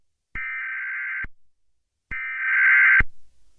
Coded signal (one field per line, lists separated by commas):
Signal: Emergency Alert System (SAME) tones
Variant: header bursts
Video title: Station KBB85 and WATC radio required monthly and weekly EAS tests